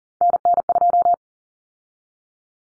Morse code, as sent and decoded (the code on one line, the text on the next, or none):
-. -. ..---
NN2